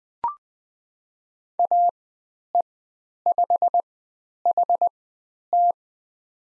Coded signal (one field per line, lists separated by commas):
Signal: Morse code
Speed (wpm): 20 wpm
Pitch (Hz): 700 Hz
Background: none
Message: AE5HT